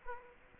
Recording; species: mosquito wingbeat signal from an infrared sensor; Culex quinquefasciatus